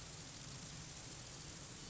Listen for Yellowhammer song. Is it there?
no